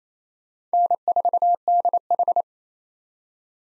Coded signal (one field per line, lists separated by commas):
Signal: Morse code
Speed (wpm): 28 wpm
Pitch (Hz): 700 Hz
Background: none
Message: N4DH